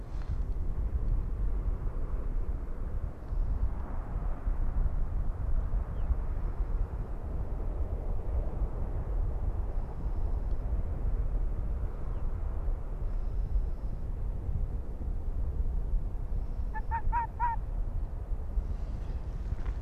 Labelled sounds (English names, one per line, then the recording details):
Arctic Fox
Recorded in the wild
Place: Insel Mednyi, Kommandeur-Inseln, RU
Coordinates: 54.5167, 168.083
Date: 1999-08-22
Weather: 9°C, heiter
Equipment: Sony WM-D6C, Sennheiser ME 80, K 30 AV, Windkorb, Kopie Tascam DA 30
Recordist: Jakupi, Antje